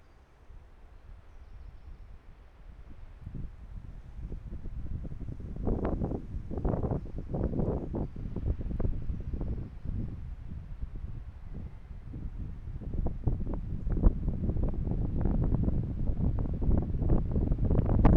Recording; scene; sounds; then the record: everyday scene through a hearing-aid microphone; wind on the microphone; squally wind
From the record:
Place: parking lot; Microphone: behind the ear, right, rear